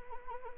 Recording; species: mosquito wingbeat signal from an infrared sensor; Anopheles arabiensis